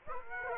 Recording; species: mosquito wingbeat signal from an infrared sensor; Aedes aegypti